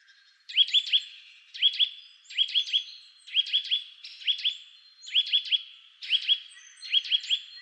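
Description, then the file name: Eurasian nuthatch with repeated quick bursts of two or three rising chirps. "Sitta europaea"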